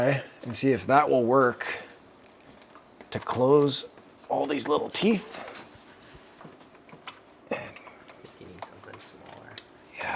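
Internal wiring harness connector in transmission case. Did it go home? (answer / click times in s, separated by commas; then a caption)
released / 9.6 s. Someone talks while an internal wiring harness connector in the Allison transmission case of a Duramax 2500 HD is rotated with a socket to release its locking teeth, with light metallic ticks and taps around 2.3–3.0 s and 7.1–9.3 s. The connector clicks free at 9.6 s and is released, so it can then be pushed back and out.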